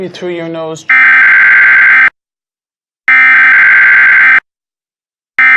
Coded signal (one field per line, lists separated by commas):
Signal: Emergency Alert System (SAME) tones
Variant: header bursts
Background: speech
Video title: autitistc kid outburst but when ever he says anything it's emergency broadcast system noises